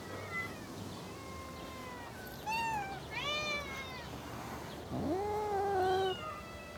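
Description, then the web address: Cat meowing, several rising and falling wavering meows, with a longer drawn-out yowl near the end over a soft background hiss. Cats in a suburban garden. "The BBC Sound Effects Library. Cats In A Suburban Garden"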